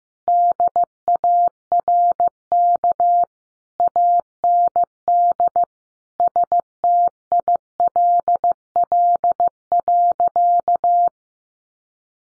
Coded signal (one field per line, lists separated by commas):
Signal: Morse code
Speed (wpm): 15 wpm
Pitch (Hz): 700 Hz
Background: none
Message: DARK AND STILL.